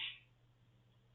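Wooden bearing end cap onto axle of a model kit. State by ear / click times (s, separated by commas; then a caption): not seated / none. A wooden bearing end cap is pressed onto the axle of a model kit and pushed against a desk. A brief bright burst at the very start fades within about 0.2 s into a quiet, steady low hum. The end cap is still being handled and has not yet clicked or seated home.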